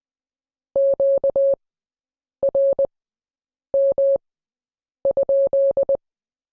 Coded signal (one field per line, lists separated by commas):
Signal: Morse code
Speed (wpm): 20 wpm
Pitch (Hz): 550 Hz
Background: none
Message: QRM?